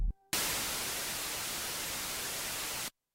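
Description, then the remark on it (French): Synthesized white noise from the noise source of the Massive synth plugin switches on abruptly, holds a steady, even hiss across the whole spectrum for about two and a half seconds, then cuts off sharply into silence. “Et normalement, ça nous fait un bruit blanc ici.”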